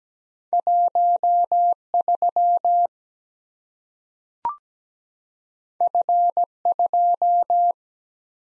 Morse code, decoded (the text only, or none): 1 3 F 2